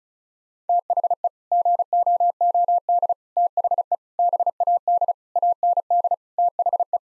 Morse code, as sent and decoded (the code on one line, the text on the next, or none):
- .... . / --. --- --- -.. / - .... . / -... .- -.. / .- -. -.. / - .... .
THE GOOD THE BAD AND THE